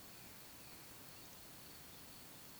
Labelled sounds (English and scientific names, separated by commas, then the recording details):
Eurasian Woodcock (Scolopax rusticola) whistle
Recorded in Baden-Württemberg, Germany, on 25 June 2020 at 20:05 UTC
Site 46874, 985 m above sea level